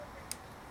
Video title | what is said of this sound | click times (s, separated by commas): Replace Coils & Plug Wires, Timing Order on 1998 Mercedes ML320 | back on here make sure you hear that snap and | 0.3 s